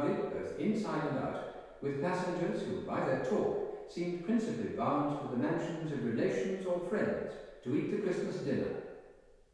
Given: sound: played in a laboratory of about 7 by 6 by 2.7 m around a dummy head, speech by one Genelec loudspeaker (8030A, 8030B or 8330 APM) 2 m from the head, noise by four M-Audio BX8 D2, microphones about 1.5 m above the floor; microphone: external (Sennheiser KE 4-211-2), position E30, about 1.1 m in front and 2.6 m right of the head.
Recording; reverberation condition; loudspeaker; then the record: male speech in English; high; 30 degrees to the left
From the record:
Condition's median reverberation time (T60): about 1300 ms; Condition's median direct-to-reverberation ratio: about -4.0 dB